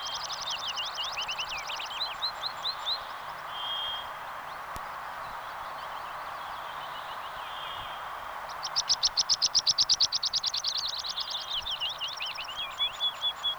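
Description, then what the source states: Meadow Pipit singing in several phrases: fast runs of thin, high ticking notes, a few short tonal whistles, then a loud rapid trill followed by piping notes. Sweden.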